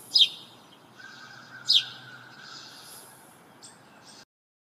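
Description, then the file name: House sparrow chirps: two loud, short, downward-sliding notes about one and a half seconds apart, then fainter scattered chirps over a quiet hiss. "Passer domesticus"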